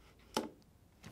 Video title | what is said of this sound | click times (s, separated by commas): Canon EF EOS R 0.71x Mount Adapter Install - Canon C70 Review | and it locked into place so we could stop here | 0.4 s